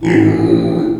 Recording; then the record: squeal of a Yucatan mini pig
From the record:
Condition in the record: before surgery on the right vocal fold (resection and tissue-engineered implant); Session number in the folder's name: 2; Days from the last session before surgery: -15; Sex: female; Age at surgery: 19 weeks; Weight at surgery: 25 kg